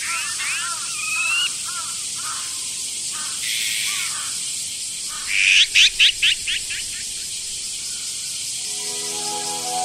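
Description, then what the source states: Azure-winged magpie calls: a few curved, rising notes, then a quick burst of about six harsh, grating notes in a row, over a steady high hiss. Yoyogi Park, Tokyo, Japan.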